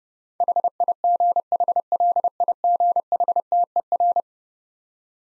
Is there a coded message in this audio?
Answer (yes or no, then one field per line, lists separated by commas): yes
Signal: Morse code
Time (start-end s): 0.4-4.2 s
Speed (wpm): 32 wpm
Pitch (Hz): 700 Hz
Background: none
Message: HIGHLIGHTER